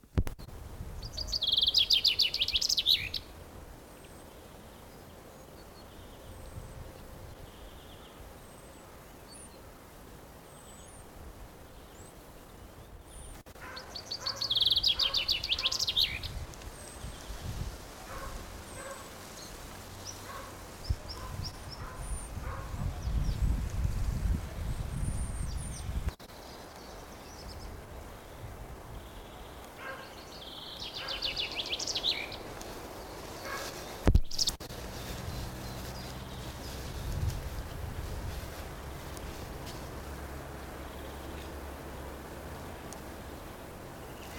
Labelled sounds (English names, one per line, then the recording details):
Common Chaffinch
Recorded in the wild
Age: adult
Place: Friedhof Niederschönhausen III, Berlin, DE
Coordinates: 52.571, 13.386
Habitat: Stadtfriedhof
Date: 1992-04-17 10:26
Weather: heiter, 2-3°C
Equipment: Nagra SN, Mikrofon AKG CK 8, Kopie Tesla B 116
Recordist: Tembrock, Günter